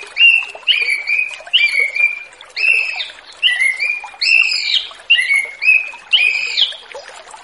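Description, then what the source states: Orange-headed thrush singing steadily, quick whistled phrases following each other a little more than once a second with only brief pauses. Relaxed, free-flowing singing (ngeplong style) used as a lure to train young orange-headed thrushes just out of speckled juvenile plumage.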